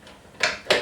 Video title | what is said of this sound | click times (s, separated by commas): Kenwood KMix Stand Mixer Review | and lock into place. | 0.4 s, 0.7 s